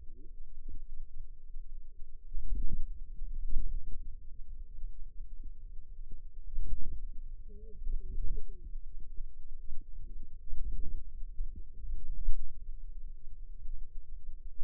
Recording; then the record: forearm muscle sounds (acoustic myography)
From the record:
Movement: ulnar deviation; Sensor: system 2, bracelet of six BSWA MPA416 microphones around the upper forearm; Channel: 2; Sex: female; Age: 21 years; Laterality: right